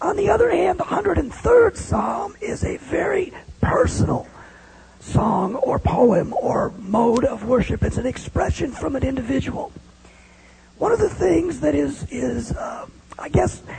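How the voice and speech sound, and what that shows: An adult man speaks in a rough, strained, feeble croak with little clear tone, drawn-out sounds and frequent pauses, amplified through a headset microphone. This is severe dysphonia after a viral infection thought to have damaged the nerves of his vocal cords (myelin sheath), with speech produced using the false vocal folds; it was earlier diagnosed as a form of spasmodic dysphonia. He can no longer sing.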